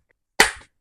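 The last plastic fan blade is pushed firmly into a socket fan hub. After a faint tick at 0.1 s, it snaps home with a single sharp, loud click at 0.4 s that rings briefly and fades, and the blade is seated.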